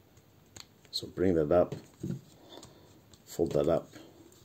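A plastic limb section of a Zeta Toys Mini Superitron toy robot is folded up around a small tab block while someone talks, with a few faint plastic ticks of handling. Nothing has seated or clicked yet; the clip ends just before the part locks into place.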